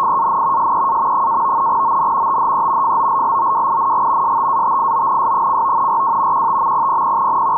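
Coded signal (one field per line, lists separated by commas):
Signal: NAVTEX (SITOR-B)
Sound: rapid warbling between two close tones near 1 kHz, continuous, over hiss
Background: radio static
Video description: NAVTEX Area 3 ID N from Piombino. Reports regarding Tyrrhenian Sea and Ligurian Sea. Decoded with fldigi.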